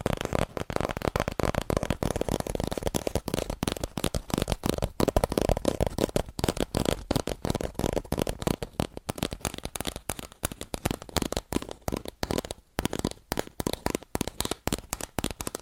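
Rapid, aggressive tapping on cardboard fills the whole stretch, a dense run of sharp, dry hits with a hollow low thud under each. The pace stays fast and uneven, with brief gaps appearing more often in the second half.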